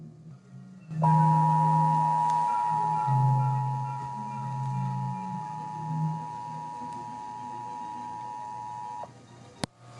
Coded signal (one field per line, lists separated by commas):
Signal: Emergency Alert System (SAME) tones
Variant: 853 and 960 Hz attention tone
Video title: EAS Bulletins Nick Jr (September 16 2015)